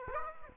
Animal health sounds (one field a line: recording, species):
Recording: mosquito wingbeat signal from an infrared sensor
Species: Aedes aegypti